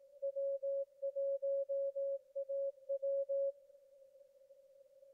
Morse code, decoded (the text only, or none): W1AW